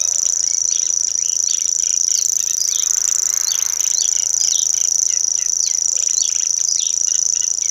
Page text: cgrasshw locustella naevia. Singwarte nature sound recording camp – Patrick Franke. Süplingen near Magdeburg, East-Germany